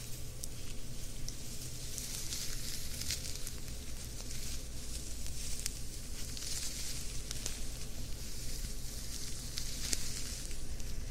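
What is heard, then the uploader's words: Ear massage and fabric scratching: a steady, dense rustle and hiss fills the clip at an even level, with soft swells of brighter scratching around three, six to seven, and ten seconds. A low hum runs underneath throughout, with occasional small clicks. ASMR Ear Massages + Fabric Scratching on 3DIO.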